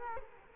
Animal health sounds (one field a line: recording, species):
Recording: mosquito wingbeat signal from an infrared sensor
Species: Culex quinquefasciatus